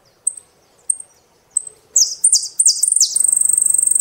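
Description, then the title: Saffron finch song: three spaced thin high notes, then loud buzzy downslurred chirps running into a fast, even high trill. "Jilguero Argentino"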